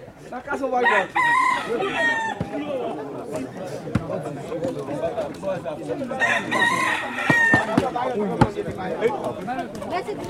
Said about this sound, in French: Alors là, c'est un combat de coq qui se prépare ici. Hein? Oui, qui se prépare. Tous les hommes, là, ils ont chacun un coq. Il y en a beaucoup de coqs ici.